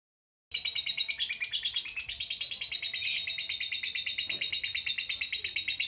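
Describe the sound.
Lovebird giving a rapid, continuous string of shrill twittering notes that begins abruptly after a short silence and keeps up a fast rhythm.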